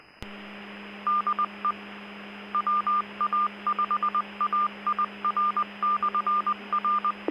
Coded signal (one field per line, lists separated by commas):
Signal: Morse code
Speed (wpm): 20 wpm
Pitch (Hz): 1200 Hz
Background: none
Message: DE WA5AIR/R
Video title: 2025-09-03 1800 [LIVE] Music, Ham Radio VOX & FT8 - Offline Worldwide Comms from the Edge of the Net